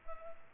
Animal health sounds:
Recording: mosquito wingbeat signal from an infrared sensor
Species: Culex pipiens

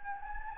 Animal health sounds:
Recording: mosquito wingbeat signal from an infrared sensor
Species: Anopheles gambiae

